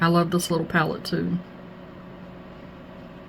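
Someone talks for about 1.4 seconds while handling a compact eyeshadow palette, its lid about to close onto the palette base, then only a low steady background hum remains. Nothing has snapped shut or seated yet.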